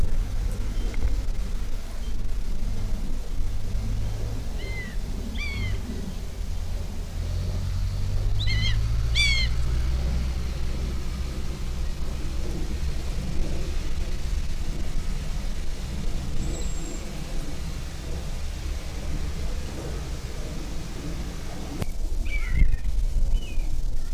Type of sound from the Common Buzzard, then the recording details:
call. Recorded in the wild. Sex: diverse. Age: diverse. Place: Lübars (Fließtal), Berlin, DE. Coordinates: 52.6175, 13.3625. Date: 1998-07-26 17:04. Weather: heiter, 23°C. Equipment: Sony MD-WM MZ-R3, Sennheiser ME 80, Kopie Uher 4000 Report Monitor. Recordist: Tembrock, Günter